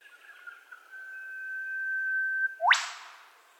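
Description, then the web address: Eastern whipbird call: a long, steady, pure whistled note held for nearly two seconds, ending in a sharp upward whip-crack sweep. Call of an Australian native bird. "Foundation Updates Bird Eastern Whipbird B call"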